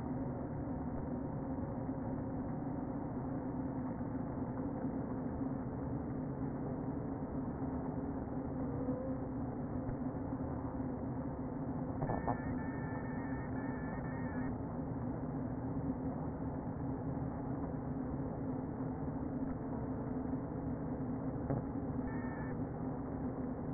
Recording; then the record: honeybee colony, microphone inside the hive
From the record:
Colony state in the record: queen present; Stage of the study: before two queens were removed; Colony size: about 60,000 bees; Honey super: yes